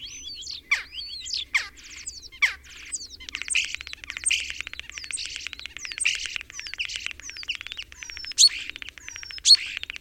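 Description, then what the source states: Common starling song opening with descending whistles, then rapid rattling clicks and buzzy trills, closing with a few piercing high whistles. Recorded in spring.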